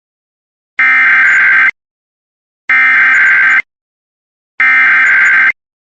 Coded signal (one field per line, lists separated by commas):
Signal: Emergency Alert System (SAME) tones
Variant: header bursts